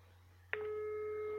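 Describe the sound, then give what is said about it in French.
A telephone ringing tone plays over speakerphone: a sharp click, then a steady, mid-pitched electronic tone that holds unbroken over a low, constant hum. “C'est un son bizarre déjà le téléphone.”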